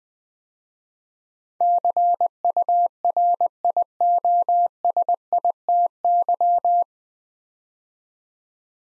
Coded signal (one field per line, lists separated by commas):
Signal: Morse code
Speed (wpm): 20 wpm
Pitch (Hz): 700 Hz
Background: none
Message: CURIOSITY